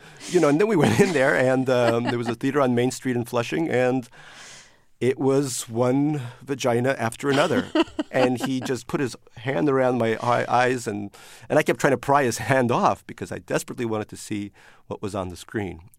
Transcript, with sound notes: you know, and then we went in there. And there was a theater on Main Street and Flushing. And it was one vagina after another.
(LAUGHTER)
And he just put his hand around my eyes, and I kept trying to pry his hands off because I desperately wanted to see what was on the screen.